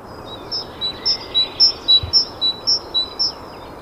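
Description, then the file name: Great tit repeating a bright two-note seesaw phrase, a high note followed by a lower one, at a quick even pace amid light ambient noise. "Parus major"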